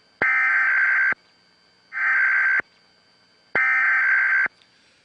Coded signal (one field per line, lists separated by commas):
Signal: Emergency Alert System (SAME) tones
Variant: header bursts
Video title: [Trump News]EAS Test on 11-9-11 Holds Power to Cut Broadcast Signal